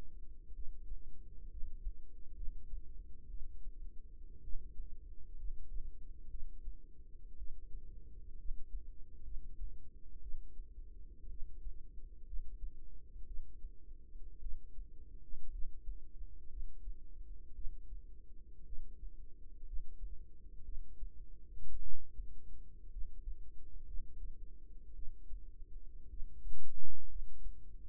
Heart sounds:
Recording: heart sounds by microphone in the right ear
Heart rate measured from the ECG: 59 bpm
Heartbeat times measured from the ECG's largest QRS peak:
0.55 s: heartbeat
1.50 s: heartbeat
2.35 s: heartbeat
3.29 s: heartbeat
4.42 s: heartbeat
5.37 s: heartbeat
6.30 s: heartbeat
7.37 s: heartbeat
8.38 s: heartbeat
9.23 s: heartbeat
10.21 s: heartbeat
11.29 s: heartbeat
12.25 s: heartbeat
13.26 s: heartbeat
14.41 s: heartbeat
15.51 s: heartbeat
16.49 s: heartbeat
17.54 s: heartbeat
18.65 s: heartbeat
19.65 s: heartbeat
20.64 s: heartbeat
21.81 s: heartbeat
22.90 s: heartbeat
23.86 s: heartbeat
24.94 s: heartbeat
26.09 s: heartbeat
27.08 s: heartbeat
From the record:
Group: healthy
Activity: rest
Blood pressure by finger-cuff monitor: 90/58 mmHg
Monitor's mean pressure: 68 mmHg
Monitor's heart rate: 59 bpm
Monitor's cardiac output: 4.6 L/min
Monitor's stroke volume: 79 mL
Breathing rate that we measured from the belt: 17 breaths a minute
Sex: female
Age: 36 years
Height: 163 cm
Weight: 88 kg

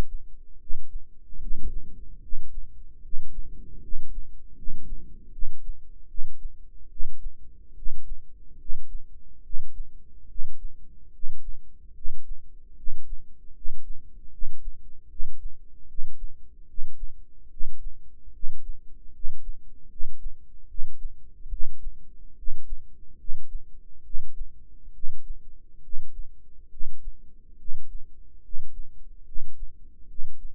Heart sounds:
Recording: heart sounds by microphone in the right ear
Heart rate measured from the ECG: 73 bpm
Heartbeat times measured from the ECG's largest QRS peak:
0.57 s: heartbeat
1.38 s: heartbeat
2.20 s: heartbeat
3.00 s: heartbeat
3.79 s: heartbeat
4.54 s: heartbeat
5.30 s: heartbeat
6.07 s: heartbeat
6.88 s: heartbeat
7.74 s: heartbeat
8.57 s: heartbeat
9.42 s: heartbeat
10.26 s: heartbeat
11.10 s: heartbeat
11.93 s: heartbeat
12.74 s: heartbeat
13.52 s: heartbeat
14.29 s: heartbeat
15.07 s: heartbeat
15.86 s: heartbeat
16.65 s: heartbeat
17.48 s: heartbeat
18.31 s: heartbeat
19.11 s: heartbeat
19.88 s: heartbeat
20.66 s: heartbeat
21.48 s: heartbeat
22.34 s: heartbeat
23.16 s: heartbeat
24.02 s: heartbeat
24.91 s: heartbeat
25.80 s: heartbeat
26.68 s: heartbeat
27.56 s: heartbeat
28.41 s: heartbeat
29.24 s: heartbeat
30.06 s: heartbeat
From the record:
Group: healthy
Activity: breath hold 0-1 s, rest 1-31 s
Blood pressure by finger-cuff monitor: 116/73 mmHg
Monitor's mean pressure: 84 mmHg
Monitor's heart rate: 73 bpm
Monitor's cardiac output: 6.8 L/min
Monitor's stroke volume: 95 mL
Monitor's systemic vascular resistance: 910 dyn s/cm5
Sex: male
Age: 35 years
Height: 180 cm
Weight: 86.9 kg

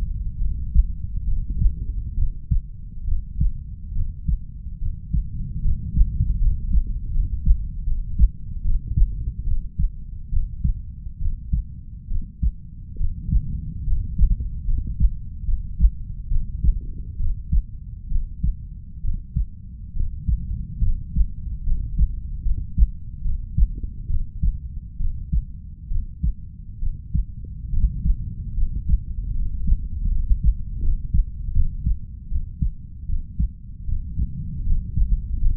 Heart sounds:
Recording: heart sounds by stethoscope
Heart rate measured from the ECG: 72 bpm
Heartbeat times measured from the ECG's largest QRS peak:
0.38 s: heartbeat
1.24 s: heartbeat
2.14 s: heartbeat
3.04 s: heartbeat
3.93 s: heartbeat
4.78 s: heartbeat
5.61 s: heartbeat
6.38 s: heartbeat
7.11 s: heartbeat
7.84 s: heartbeat
8.62 s: heartbeat
9.44 s: heartbeat
10.29 s: heartbeat
11.18 s: heartbeat
12.08 s: heartbeat
12.97 s: heartbeat
13.83 s: heartbeat
14.65 s: heartbeat
15.45 s: heartbeat
16.28 s: heartbeat
17.16 s: heartbeat
18.08 s: heartbeat
19.01 s: heartbeat
19.93 s: heartbeat
20.81 s: heartbeat
21.63 s: heartbeat
22.42 s: heartbeat
23.21 s: heartbeat
24.07 s: heartbeat
24.97 s: heartbeat
25.88 s: heartbeat
26.79 s: heartbeat
27.70 s: heartbeat
28.54 s: heartbeat
29.32 s: heartbeat
30.08 s: heartbeat
30.79 s: heartbeat
31.52 s: heartbeat
32.28 s: heartbeat
33.06 s: heartbeat
33.85 s: heartbeat
34.63 s: heartbeat
35.38 s: heartbeat
From the record:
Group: healthy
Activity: rest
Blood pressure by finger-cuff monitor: 123/63 mmHg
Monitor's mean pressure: 80 mmHg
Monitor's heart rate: 71 bpm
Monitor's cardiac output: 5.9 L/min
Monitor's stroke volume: 84 mL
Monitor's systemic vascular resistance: 990 dyn s/cm5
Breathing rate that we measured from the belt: 8 breaths a minute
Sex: female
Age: 32 years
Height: 168 cm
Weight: 61.9 kg

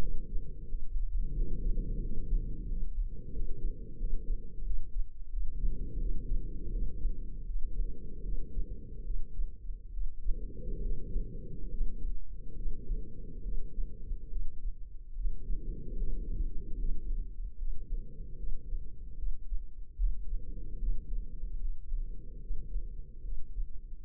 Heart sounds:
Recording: heart sounds by microphone in the left ear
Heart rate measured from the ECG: 77 bpm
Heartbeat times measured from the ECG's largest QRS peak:
0.66 s: heartbeat
1.33 s: heartbeat
1.99 s: heartbeat
2.66 s: heartbeat
3.30 s: heartbeat
3.96 s: heartbeat
4.61 s: heartbeat
5.28 s: heartbeat
5.97 s: heartbeat
6.70 s: heartbeat
7.44 s: heartbeat
8.20 s: heartbeat
9.02 s: heartbeat
9.89 s: heartbeat
10.80 s: heartbeat
11.69 s: heartbeat
12.54 s: heartbeat
13.40 s: heartbeat
14.27 s: heartbeat
15.13 s: heartbeat
15.95 s: heartbeat
16.77 s: heartbeat
17.56 s: heartbeat
18.35 s: heartbeat
19.14 s: heartbeat
19.94 s: heartbeat
20.77 s: heartbeat
21.58 s: heartbeat
22.38 s: heartbeat
23.20 s: heartbeat
24.04 s: heartbeat
From the record:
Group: healthy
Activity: rest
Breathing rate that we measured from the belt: 13 breaths a minute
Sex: female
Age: 32 years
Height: 172 cm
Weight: 71.7 kg

